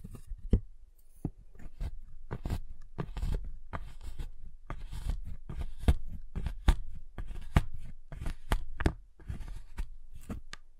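Tapping and cutting on a giant chocolate bar, heard as a run of sharp, irregular clicks and knocks about twice a second. Several louder cracks stand out, near the start and again around six to nine seconds, over a low, soft rustle between hits.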